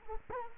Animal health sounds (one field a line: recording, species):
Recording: mosquito wingbeat signal from an infrared sensor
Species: Culex quinquefasciatus